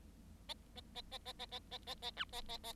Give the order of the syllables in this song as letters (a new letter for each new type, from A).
A A A A A A A A A A B A A A